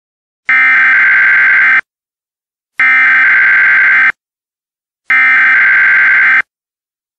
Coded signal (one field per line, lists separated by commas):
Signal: Emergency Alert System (SAME) tones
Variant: header bursts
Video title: EAS Scenario: The Genetic Code Part 2